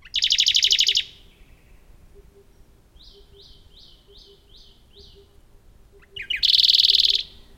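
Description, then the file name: Radde's warbler song: a loud fast trill, then six softer notes at an even pace, then another loud rapid trill. "warbler-radde -Phylloscopus-schwarzi"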